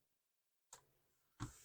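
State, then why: Seated. A plastic part of a scale starship model is pressed into its push-pin socket in the model's hull, giving a sharp click at 0.7 s, followed by a second, louder sharp sound at 1.4 s. The part is seated, sitting a little far down.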